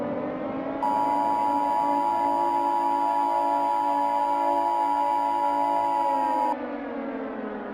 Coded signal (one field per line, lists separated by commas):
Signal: Emergency Alert System (SAME) tones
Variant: 853 and 960 Hz attention tone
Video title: EAS Scenario 1: Slenderman Ramage